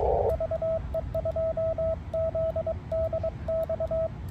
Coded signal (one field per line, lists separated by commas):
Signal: Morse code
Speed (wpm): 22 wpm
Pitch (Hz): 650 Hz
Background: radio noise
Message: VE2ZDX